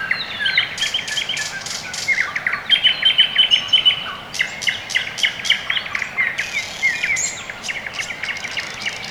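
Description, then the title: Birds twittering and trilling, with a quick series of high clicky notes and repeated short whistles from several singers. Quiet early morning, Orekhovo-Borisovo Severnoye district, Moscow, Russia; recorded with Sony ECM-MS2 microphone into Marantz PMD-661, processed with iZotope RX II (EQ, gain). "район Орехово-Борисово Северное, Москва, Россия - Morning birds"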